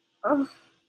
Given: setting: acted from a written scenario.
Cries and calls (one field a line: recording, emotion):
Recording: vocal sound without words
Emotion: shame